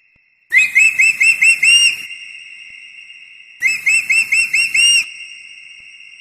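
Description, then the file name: Eagle calls: two bursts of about six quick, high whistled notes, each ending on a rising, longer note, with a steady tone running underneath. "aigle"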